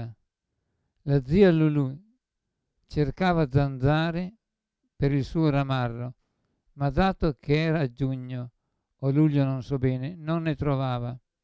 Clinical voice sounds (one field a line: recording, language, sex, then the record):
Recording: read passage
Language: Italian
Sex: male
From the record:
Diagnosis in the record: Parkinson's disease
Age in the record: 75 years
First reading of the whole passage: 62 s, 8.3 characters per second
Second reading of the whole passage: 57 s, 9.2 characters per second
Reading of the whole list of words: 53 s, 5.3 characters per second